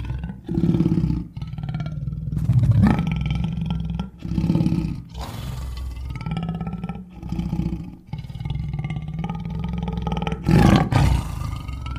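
Lion roaring: deep, rumbling bursts with strong low harmonics. Several long, sustained roars are separated by brief pauses, with a sharper, louder accent near the end.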